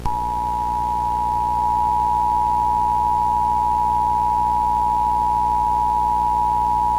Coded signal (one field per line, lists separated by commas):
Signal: Emergency Alert System (SAME) tones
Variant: 853 and 960 Hz attention tone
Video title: EAS short scenario analog horror: evil r142a incident (my first eas scenario/analog horror video!)